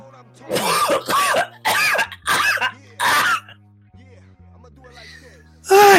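An adult man coughs a run of five harsh, forceful coughs in quick succession over about three seconds, then pauses before a sixth cough at the end. The coughs are dry-sounding and throat-clearing in character, and he has been coughing so much that he is sweating. A faint steady hum sits in the background.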